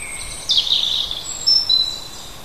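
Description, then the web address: Bird song: a brief buzzy, rasping note followed by thin, high drawn-out whistles, with soft steady background hiss. Native hedge birds recorded in June, from school biology teaching material on hedge ecology. "oeko hecke vogel juni vogel j 6 3 heimisch"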